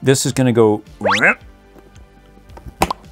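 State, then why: Seated. Someone talks, then a plastic clip is pressed into the hole in the front panel of a plastic toy kennel, with a few faint ticks before it snaps sharply into place at 2.8 s. The clip seats with a satisfying snap.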